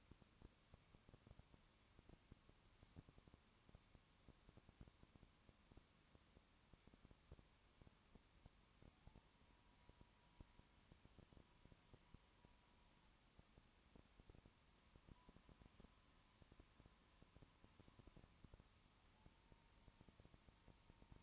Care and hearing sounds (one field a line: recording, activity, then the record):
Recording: daily activity, microphone in the room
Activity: no activity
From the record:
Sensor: 1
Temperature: 19.2 degrees Celsius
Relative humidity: 37.8%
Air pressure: 1001.0 hPa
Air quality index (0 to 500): 197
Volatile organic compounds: 7 ppm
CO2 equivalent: 1992 ppm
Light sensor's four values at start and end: 1/2/1/1 and 1/2/1/1